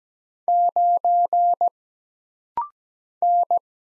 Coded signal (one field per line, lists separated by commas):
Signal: Morse code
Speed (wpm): 17 wpm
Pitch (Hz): 700 Hz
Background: none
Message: 9 N